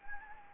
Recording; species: mosquito wingbeat signal from an infrared sensor; Anopheles gambiae